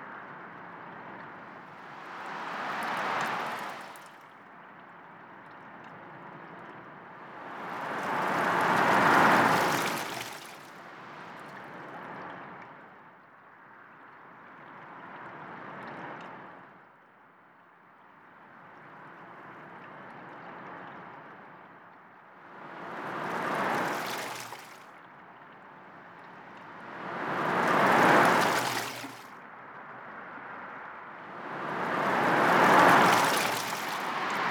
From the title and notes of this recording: 8 Hours of Ocean Sounds is an algorithmically composed sound file that seems to contain the sound of waves.